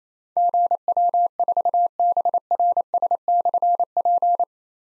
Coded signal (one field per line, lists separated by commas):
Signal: Morse code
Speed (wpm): 27 wpm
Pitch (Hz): 700 Hz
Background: none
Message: GW4BRS/P